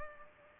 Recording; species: mosquito wingbeat signal from an infrared sensor; Culex pipiens